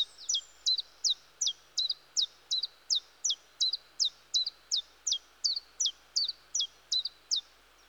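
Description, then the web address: Common chiffchaff giving a long, unbroken chain of high, crisp notes of two slightly different pitches, evenly spaced throughout. "The BBC Sound Effects Library. Chiffchaff"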